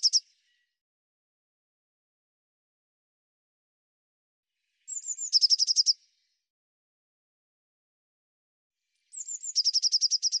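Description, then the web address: Eurasian blue tit song: thin, high sliding notes followed by a rapid buzzy trill. The phrase is heard three times, the first cut short, with silence between. "cianscape birddata Deverinetal 2025 File cleaned normalized Bird Cy Ca"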